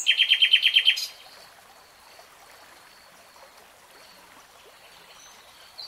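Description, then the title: Nightingale song: a fast, rattling burst of repeated high notes lasting about a second, then a long quiet stretch with a faint thin whistle and soft background hiss. "[Tiếng chim hót] REALTIME Nightingale Singing"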